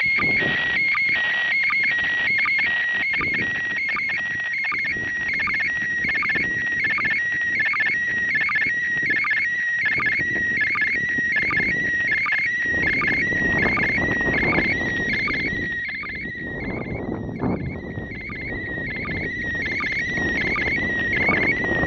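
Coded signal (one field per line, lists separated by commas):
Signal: SSTV (slow-scan television)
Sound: warbling tone sliding between mid pitches with regular low blips, under hissy crackle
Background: radio static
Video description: Reception of SSTV from the ISS to Malta on December 8 2016 using Handheld Transceiver Baofeng and Robot 36 on OnePlus 3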